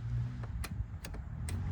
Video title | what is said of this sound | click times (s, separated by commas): Mercedes-Benz W140 Headlight Switch Replacement + E-Brake Handle and Center Vent Bulb Replacement | you hear that you should be able to hear a click | 1.5 s